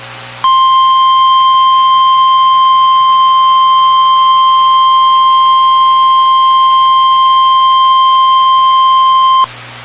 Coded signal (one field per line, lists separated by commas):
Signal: Emergency Alert System (SAME) tones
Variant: 1050 Hz attention tone